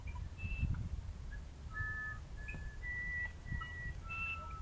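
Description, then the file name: Musician wren song of clean, sustained whistled notes, alternating higher and lower tones with short pauses, against a constant low hum. "uirapuru"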